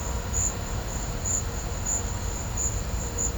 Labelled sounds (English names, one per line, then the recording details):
none
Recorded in pastures near Puerto Asís, Putumayo, Colombia, on 20 December 2024 at 14:30
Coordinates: 0.502, -76.324
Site G077